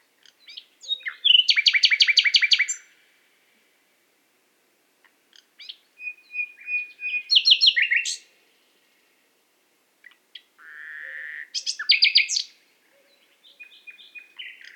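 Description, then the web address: Nightingale song in three phrases about five seconds apart, each built from rapid repeated notes, loud rattling trills and a steady whistled tone, with silent pauses between phrases. Qatar. "qatar birds presentation extracts nightingale"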